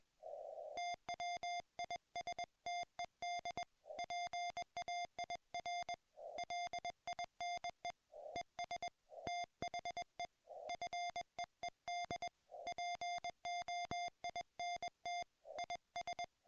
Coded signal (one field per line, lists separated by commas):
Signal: Morse code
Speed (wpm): 21 wpm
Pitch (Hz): 700 Hz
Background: music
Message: TWISTED PAIR LINE ES THE FEED POINT IS